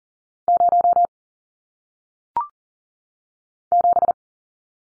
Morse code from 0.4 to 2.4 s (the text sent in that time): 0